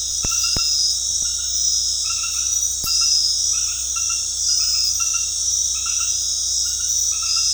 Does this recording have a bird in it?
no